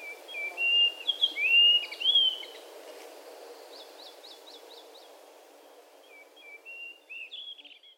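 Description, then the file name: White-throated rock thrush song of varied whistled notes and slurred phrases, then a short series of thin high ticks, followed by softer whistles near the end. Recorded 3 June 2008, Amur region. "himeisohiyo amur hanada"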